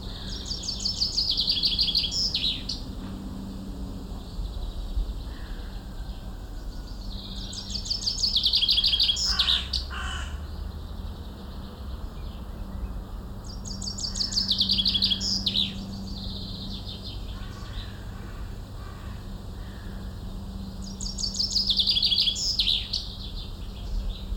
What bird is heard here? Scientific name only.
Fringilla coelebs